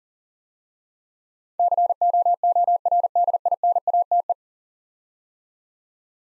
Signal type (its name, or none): Morse code